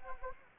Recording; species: mosquito wingbeat signal from an infrared sensor; Anopheles arabiensis